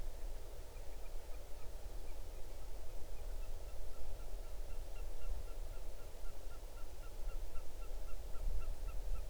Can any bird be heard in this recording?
yes